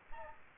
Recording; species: mosquito wingbeat signal from an infrared sensor; Aedes aegypti